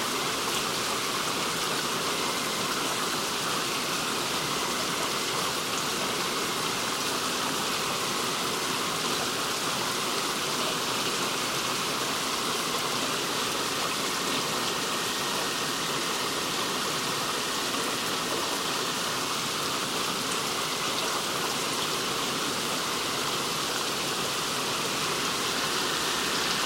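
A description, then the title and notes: Steady rain hisses evenly for the whole stretch, a dense wash of fine patter that stays bright and unchanging. A faint, slightly higher band runs through it throughout, with little low rumble beneath and no distinct separate events. Relaxing Rain Sounds & Forest Ambience.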